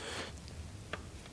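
A click-type torque wrench tightens a suspension bolt on a Scion car. Against a low steady background, a faint, weak click sounds at 0.9 s as the wrench reaches its set torque, confirming the fastener is torqued.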